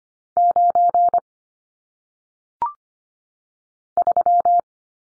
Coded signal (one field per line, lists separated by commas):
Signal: Morse code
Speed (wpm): 25 wpm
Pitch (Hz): 700 Hz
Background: none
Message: 9 3